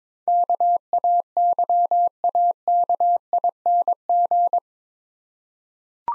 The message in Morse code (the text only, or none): KAYAKING